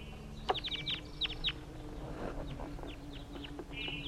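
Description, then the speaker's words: Crossbill flight calls, short sharp chips in quick irregular series from a flock, with a steady low hum underneath. Juvenile flock of three in flight near a net site. "That was a juvenile flock in flight."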